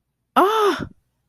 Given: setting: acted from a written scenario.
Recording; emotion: vocal sound without words; elation